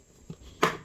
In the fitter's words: put at least more pressure on the surface and you hear one click